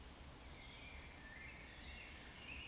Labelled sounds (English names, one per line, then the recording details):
Eurasian Woodcock whistle
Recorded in Baden-Württemberg, Germany, on 19 May 2021 at 18:51 UTC
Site 24608, 624 m above sea level